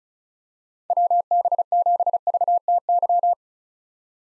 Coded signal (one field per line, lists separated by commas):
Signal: Morse code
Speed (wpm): 36 wpm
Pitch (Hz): 700 Hz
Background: none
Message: WB7VTY